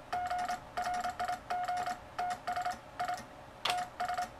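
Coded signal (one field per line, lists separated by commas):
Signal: Morse code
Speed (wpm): 27 wpm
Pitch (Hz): 720 Hz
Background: none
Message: G RIG TS I TS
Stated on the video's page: CW contest (WPX).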